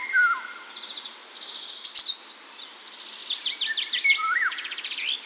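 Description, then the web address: Eurasian golden oriole with short mellow whistled phrases at the start and near the end, mixed with busy high-pitched twittering and sharp notes from other birds. Recorded at Sjöbacken on 14 June 2008. "sjobacken ljud oriole 080614"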